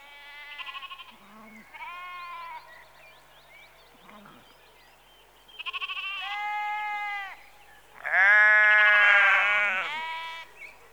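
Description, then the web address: Sheep bleats, a flock calling in turns with quavering, drawn-out bleats, one loud harsh bleat near the end. Rural exterior atmosphere, sheep in early evening, recorded close. "BBC Sound Effects Library - Exterior Atmospheres-Rural Backg Sheep Early Evening- Close"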